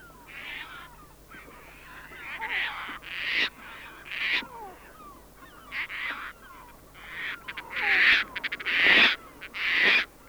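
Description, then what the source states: Caspian Tern calling with repeated harsh, rasping cries at an uneven pace, about one a second. Sweden.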